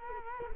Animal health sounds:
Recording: mosquito wingbeat signal from an infrared sensor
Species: Culex quinquefasciatus

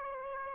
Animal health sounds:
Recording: mosquito wingbeat signal from an infrared sensor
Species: Aedes aegypti

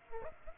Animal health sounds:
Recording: mosquito wingbeat signal from an infrared sensor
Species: Aedes aegypti

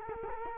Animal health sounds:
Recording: mosquito wingbeat signal from an infrared sensor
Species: Culex quinquefasciatus

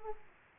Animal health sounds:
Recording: mosquito wingbeat signal from an infrared sensor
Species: Aedes aegypti

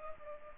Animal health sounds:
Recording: mosquito wingbeat signal from an infrared sensor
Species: Culex pipiens

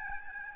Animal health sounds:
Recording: mosquito wingbeat signal from an infrared sensor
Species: Aedes albopictus

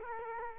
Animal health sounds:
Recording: mosquito wingbeat signal from an infrared sensor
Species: Culex quinquefasciatus

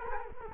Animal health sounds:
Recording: mosquito wingbeat signal from an infrared sensor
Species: Culex quinquefasciatus

